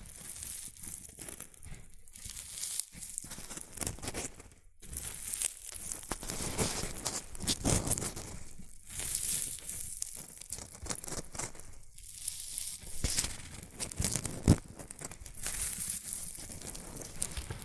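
Shredded tissue and packing peanuts rustle and crinkle continuously, a dense, bright crackling that swells and eases in irregular bursts. Brief near-silent gaps fall around 3, 4.5 and 12 seconds, and a sharper snap stands out near 14.5 seconds.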